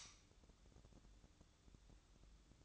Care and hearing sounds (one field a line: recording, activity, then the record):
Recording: daily activity, microphone in the room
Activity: light on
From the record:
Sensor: 3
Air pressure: 1007.9 hPa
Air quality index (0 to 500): 107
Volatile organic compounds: 1 ppm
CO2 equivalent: 892 ppm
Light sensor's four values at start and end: 9/22/9/9 and 15/39/16/15